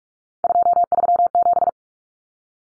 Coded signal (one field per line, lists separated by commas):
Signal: Morse code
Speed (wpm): 44 wpm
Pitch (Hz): 700 Hz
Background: none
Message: 237